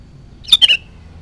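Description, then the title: Sooty-headed bulbul giving one brief bubbly phrase of three quick notes, the last trailing off slightly lower. "Kutilang"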